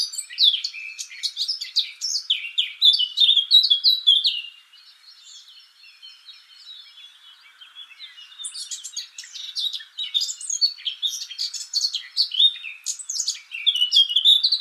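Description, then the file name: Eurasian blackcap singing a rapid, jumbled warble of chirps and short whistles, breaking off for about four seconds of near quiet before the chattering resumes and grows denser. "Sylvia atricapilla"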